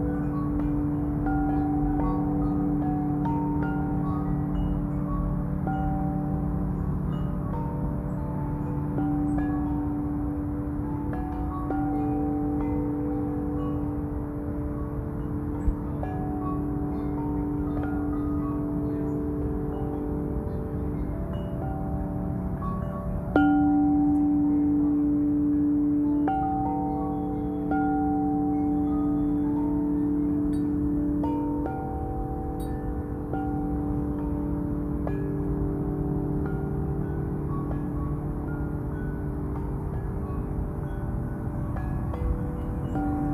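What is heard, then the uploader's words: A chime tree rings continuously, with many overlapping tones sustaining and blending into a dense, steady wash. Low and middle notes dominate, with brighter pings scattered throughout, and a slight swell in loudness around 23 seconds. Chime tree.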